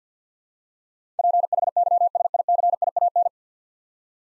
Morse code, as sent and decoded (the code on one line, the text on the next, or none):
.--. .... -.-- ... .. -.-. .. .- -.
PHYSICIAN